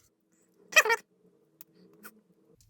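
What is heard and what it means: A pointy plastic effect part on an RMZ Blade Liger model kit is handled and moved toward position, while a cat meows loudly around 0.7 to 1.0 seconds. Faint handling sounds follow, with brief sharp ticks at 1.6 and 2.6 seconds. The part has not clicked into place yet.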